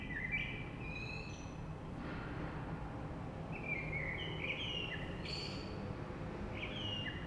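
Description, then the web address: Common blackbird song: mellow fluted whistles sliding up and down, given in short phrases with thin high twitters, over a steady low rumble. Recorded 3 March 2020. "oiseaux Rush Merle 3-3-2020"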